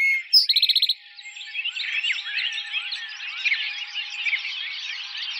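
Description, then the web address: Eastern towhee song opens with a short whistle and a high upslur, then a brisk trill of about seven notes. A steady babble of many chattering birds follows. Recorded on 4 January 2007. "Eastern Towhee 2007 01 04 Eastern Towhee"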